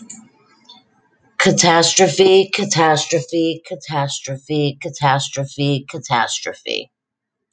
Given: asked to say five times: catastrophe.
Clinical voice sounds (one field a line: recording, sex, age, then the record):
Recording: repeated word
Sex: female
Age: 50 to 59 years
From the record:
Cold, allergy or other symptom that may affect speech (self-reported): no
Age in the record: 50 years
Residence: Texas, United States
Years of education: 14